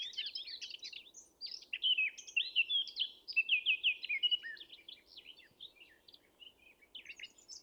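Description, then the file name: Eurasian blackcap song, rapid jumbled warbling of squeaky, chattering notes with a brief early pause, loudest in the middle and ending in softer scattered phrases. "Sylvia atricapilla"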